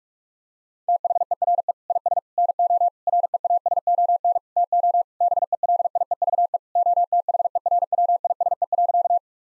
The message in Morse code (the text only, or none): THERE IS NO REASON TO BELIEVE OTHERWISE.